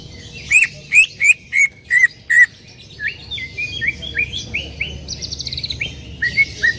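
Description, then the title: Bird song: several clear whistled notes in quick succession, then a quicker run of varied chirps and a short buzzy burst. "Kicau Burung"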